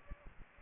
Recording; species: mosquito wingbeat signal from an infrared sensor; Aedes aegypti